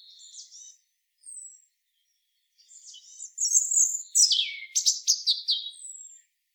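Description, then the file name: European robin song that builds from soft thin notes into a louder, sputtering cascade of high whistles and trills, then a final thin note. "Erithacus rubecula"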